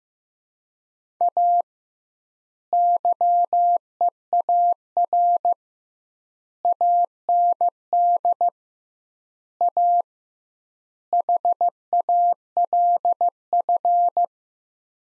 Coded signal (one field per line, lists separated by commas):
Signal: Morse code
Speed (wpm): 15 wpm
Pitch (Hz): 700 Hz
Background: none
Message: A YEAR AND A HALF